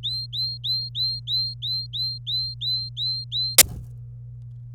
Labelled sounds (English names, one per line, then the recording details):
Domestic Canary song
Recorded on 26 April 2018 at 14:56
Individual llb3